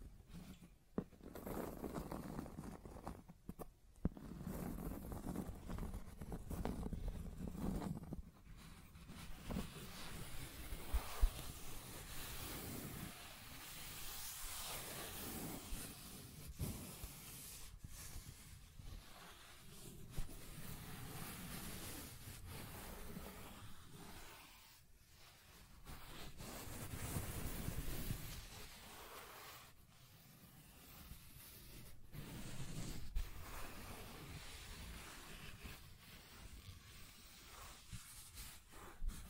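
Scratching and tracing sounds: a rough, rasping noise that runs almost without break, swelling and thinning as the strokes change. Short pauses cut in around 4, 8, 16 and 25 seconds, and a fuller, louder stretch of scraping comes near 25 to 28 seconds.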